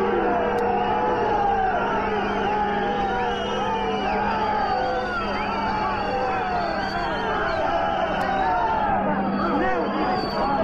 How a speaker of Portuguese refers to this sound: Uma vaia tremenda da multidão.